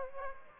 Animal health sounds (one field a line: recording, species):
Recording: mosquito wingbeat signal from an infrared sensor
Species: Aedes aegypti